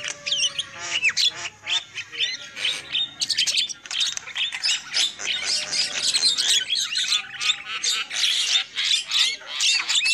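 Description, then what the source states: Lovebird calls, continuous harsh squawks and squeaky chatter, several birds overlapping, shrill notes sliding up and down throughout. Lure call used for trapping lovebirds.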